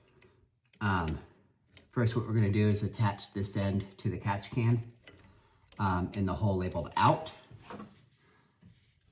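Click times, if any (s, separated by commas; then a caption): none. Someone talks while pushing the quick-connector end of a breather hose onto the outlet port labeled "out" on an 034 catch can being installed on a B9.5/B9 Audi RS5. A few faint ticks sound under the talking, but nothing has clicked into place yet; the connector does not seat on the outlet.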